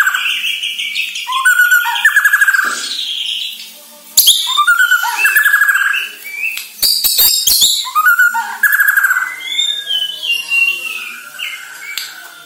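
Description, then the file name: White-rumped shama song, a varied stream of fluty warbles, rapid trills and sharp clicking notes, phrases broken by brief pauses. Borneo; lure recording used to make birds sing actively ('gacor'). "Sara Pancingan Murai Batu Borneo Agar Gacor Dor"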